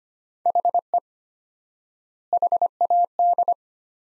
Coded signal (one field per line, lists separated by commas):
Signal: Morse code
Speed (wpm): 25 wpm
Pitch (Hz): 700 Hz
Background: none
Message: HE HAD